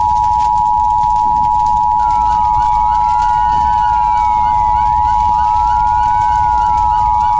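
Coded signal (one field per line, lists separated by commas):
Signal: Emergency Alert System (SAME) tones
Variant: 853 and 960 Hz attention tone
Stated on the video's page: Mock EAS alert based on a made-for-TV movie, simulated, not real.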